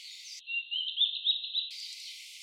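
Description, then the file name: Flycatcher singing a quick, high warbled phrase of rising and falling notes lasting about a second, with faint background hiss. Local name tledekan laut. "tledekanlaut omkicau"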